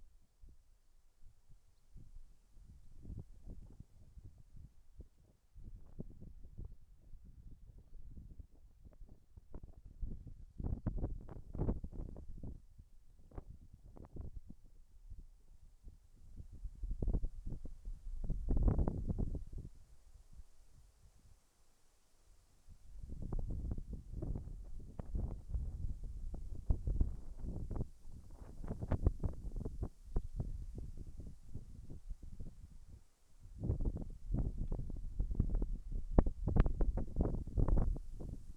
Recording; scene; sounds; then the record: everyday scene through a hearing-aid microphone; wind on the microphone; wind, whistling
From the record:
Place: in front of a rural house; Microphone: behind the ear, left, rear